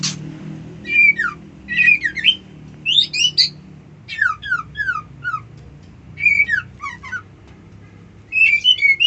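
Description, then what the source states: White-eye song: quick bursts of high, twittering, down-slurred notes in short phrases separated by brief pauses, with a faint low hum underneath. Song style known locally as ngerol ngalas.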